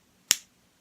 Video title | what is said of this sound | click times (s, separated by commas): Platinum Balance | you'll get that satisfying click and you feel the um | 0.3 s